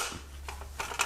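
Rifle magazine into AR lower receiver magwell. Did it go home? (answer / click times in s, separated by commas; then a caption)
no / none. An empty rifle magazine is handled and pushed up toward the magazine well of an AR lower receiver fitted with a fixed-magazine lock. Soft handling noise is heard over a low steady hum, with brief scraping taps at about 0.5, 0.8 and 1.0 s. The magazine has not seated or clicked into place yet.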